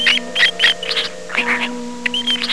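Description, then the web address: Rat squeaks: short, high, chirpy squeaks in quick clusters, with low hum tones running underneath throughout. "Furry CD-Fur 2 SPECIES RAT SOUNDS SQUEEK"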